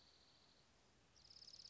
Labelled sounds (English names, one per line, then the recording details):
Dark-eyed Junco
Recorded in Sonoma County, California